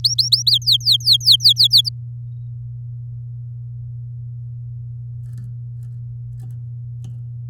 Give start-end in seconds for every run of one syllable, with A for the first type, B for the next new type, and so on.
0.04-0.51 A, 0.51-1.89 B